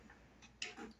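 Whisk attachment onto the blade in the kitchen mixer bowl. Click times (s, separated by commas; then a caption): 0.6 s. A plastic whisk attachment is inserted into a Thermomix kitchen mixer bowl and pushed onto the blade, giving a sharp tick at 0.6 s with a brief rattling tail after it. The whisk clicks into place and is properly seated on the blade.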